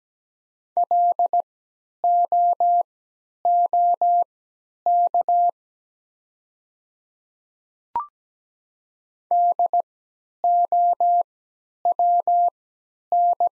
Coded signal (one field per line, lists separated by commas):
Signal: Morse code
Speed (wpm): 17 wpm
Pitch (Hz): 700 Hz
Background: none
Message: LOOK DOWN